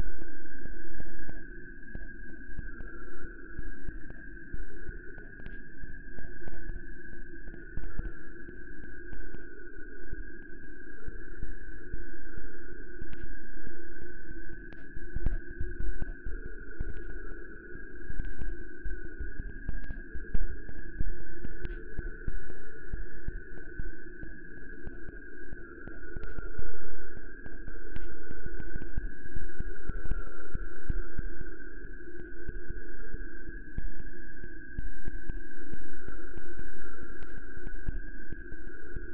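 Processed sound of Niagara Falls, reshaped into a dense, rumbling drone with steady sustained tones ringing above it throughout. The low grumble churns unevenly, with frequent short clicks and ticks scattered across all 39 seconds and slight swells in loudness.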